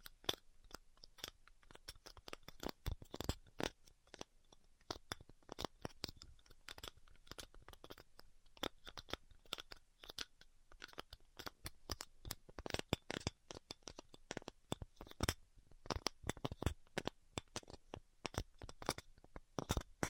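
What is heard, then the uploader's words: Styrofoam being heat cut gives a dense run of sharp, bright crackles and squeaks, irregular and constant across the clip with occasional louder pops. ASMR Styrofoam Heat Cutting (No Talking).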